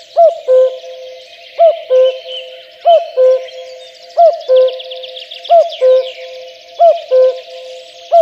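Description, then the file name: Common cuckoo calling a clear two-note cu-coo, the second note lower, repeated about every one and a third seconds, with a busy chorus of small songbirds chirping behind. "kakukk hangja"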